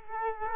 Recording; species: mosquito wingbeat signal from an infrared sensor; Culex quinquefasciatus